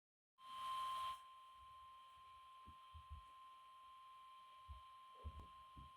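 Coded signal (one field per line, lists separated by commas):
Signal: Emergency Alert System (SAME) tones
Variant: 1050 Hz attention tone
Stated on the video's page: Required Weekly Test SAME tones on NOAA weather radio station KIH-29, Michigan, issued by the NWS Detroit/Pontiac office.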